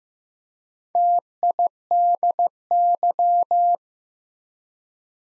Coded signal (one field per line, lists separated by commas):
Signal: Morse code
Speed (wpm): 15 wpm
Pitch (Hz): 700 Hz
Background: none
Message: TIDY